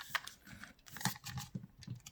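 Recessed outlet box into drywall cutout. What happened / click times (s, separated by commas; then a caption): The box is being handled and pushed but has not seated yet / none. A recessed in-wall outlet box is being pushed with a screwdriver back into a drywall cutout, giving rough scraping and crinkling handling noise with short sharp ticks near 0.2, 0.3, 0.6 and 1.1 seconds. Nothing has seated or snapped into place yet.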